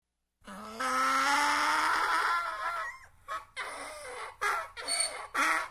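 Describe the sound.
Donkey braying: a long, strained tonal note with rich harmonics, followed by a series of shorter, rasping, pulsed bursts.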